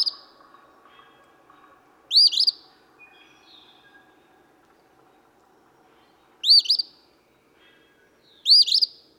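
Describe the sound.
Eastern phoebe singing burry stuttered phrases, three full ones spaced unevenly, after a clipped one at the start.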